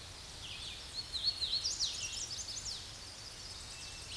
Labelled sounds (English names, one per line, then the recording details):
Hooded Warbler song
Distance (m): 35 m
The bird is about 20 m above the microphone
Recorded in a Pennsylvania forest on 16 May 2024 at 07:44
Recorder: AudioMoth, point MSD-2258
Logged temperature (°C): 15.2 °C
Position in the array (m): 155 m, 111 m